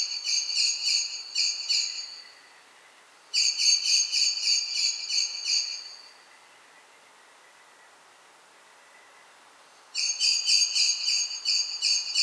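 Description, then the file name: Common blackbird repeating hard chink notes in quick bursts; a long quiet gap falls between the second and third series. "Turdus merula"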